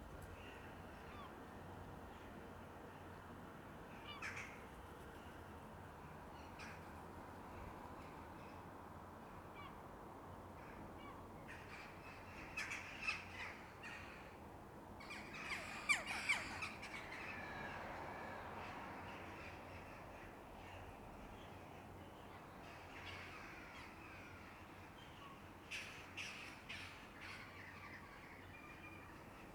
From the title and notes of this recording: Back yard at dusk. Corvids - rooks, mainly, i think - circle, neatly, regularly.